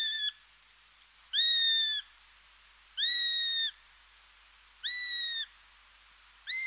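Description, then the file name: Eurasian sparrowhawk giving drawn, even whistled calls spaced about every one and a half to two seconds, with quiet between them. "Epervier-d Europe"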